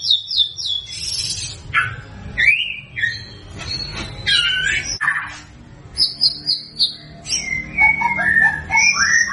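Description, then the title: White-rumped shama song: varied loud whistles, buzzy notes and rapid high repeated notes in quick succession, with low hum beneath. Lure song meant to make birds respond; gacor, meaning singing continuously and energetically. "PANCINGAN MURAI BATU GACOR, LANGSUNG RESPON"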